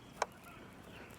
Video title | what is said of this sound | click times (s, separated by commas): How to install a wired back up camera in a Dodge Avenger. 2008 - 2014 #dodge | You might be able to hear it snap in place. There's a snap. | 0.2 s